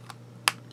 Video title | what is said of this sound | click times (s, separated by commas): Episode 497 Hero 1515 | little click | 0.5 s